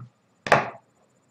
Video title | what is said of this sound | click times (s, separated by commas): Cambridge Diet Food For Life Chocolate Shake Product Review - Cambridge Foods by Isaac | want to make sure that you push the calf down you'll hear a snap so that you know it's locked so let's do that okay | 0.5 s